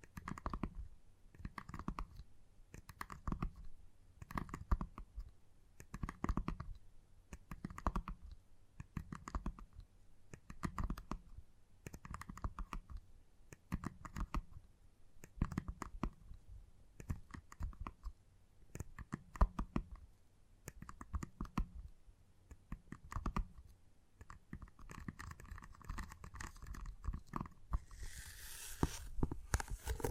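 Gentle tapping in quick, soft clusters, like fingertips on a keyboard, arriving in regular bursts roughly every second or so with a low thump under each. The pattern stays steady throughout, and near the end a brief hissy brushing sound rises over the taps.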